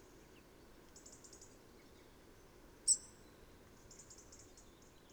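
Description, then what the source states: Bird: faint, very high twittering notes come in short runs, broken by one sharp, high call midway; soft steady hiss underneath. Tsi calls at dawn.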